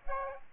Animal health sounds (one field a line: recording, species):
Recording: mosquito wingbeat signal from an infrared sensor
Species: Aedes aegypti